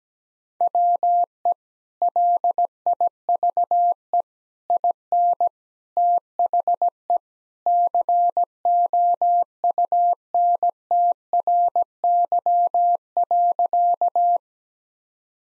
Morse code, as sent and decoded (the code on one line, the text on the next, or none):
.-- . / .-.. .. ...- . / .. -. / - .... . / -.-. --- ..- -. - .-. -.-- .-.-.-
WE LIVE IN THE COUNTRY.